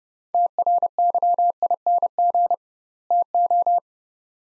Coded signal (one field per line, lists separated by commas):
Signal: Morse code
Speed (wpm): 30 wpm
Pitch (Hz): 700 Hz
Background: none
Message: TRYING TO